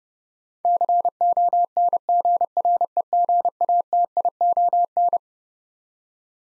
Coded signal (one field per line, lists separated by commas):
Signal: Morse code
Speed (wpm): 32 wpm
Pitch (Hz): 700 Hz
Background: none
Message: CONGREGATION